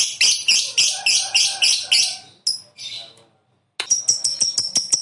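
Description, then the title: Lovebird chatter: quick shrill chirps in a steady run, a brief gap, then a rapid string of thin clicking notes. "Suara Lovebird"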